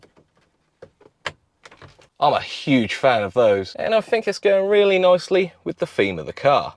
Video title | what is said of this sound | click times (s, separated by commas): JUST SEND IT DESIGNS : THE PERFECT MX5 ACCESSORIES | and just push it until it clicks | 1.3 s